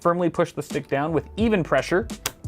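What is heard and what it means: A memory stick is being pushed down with even pressure into a motherboard DIMM slot. Someone talks throughout, and a brief faint sound comes near the end at 2.4 s. The clip ends before the stick goes home, so nothing has seated or clicked yet and the latches have not closed.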